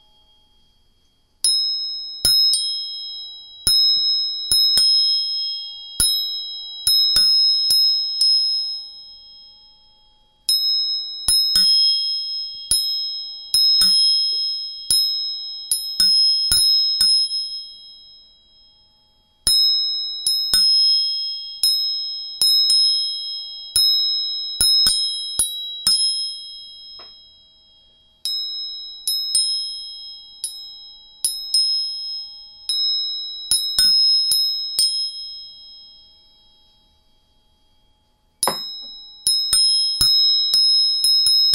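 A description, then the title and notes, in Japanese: Tuning forks are struck again and again, each strike giving a sharp tap and a bright, pure ringing tone that fades before the next. The strikes come in quick runs of about one per second, separated by short silences every nine or ten seconds. 音叉チューニング3本。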